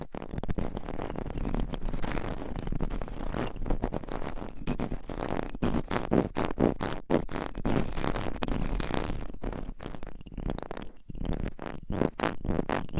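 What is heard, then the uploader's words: Dense scratching and rubbing on a microphone cover, rapid gritty strokes running continuously with brief dips in loudness near the end. ASMR Mic Scratching Battle with 100 Different MICS ! Bare VS Foam VS Fluffy Covers No Talking.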